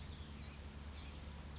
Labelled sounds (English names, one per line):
Blue-gray Gnatcatcher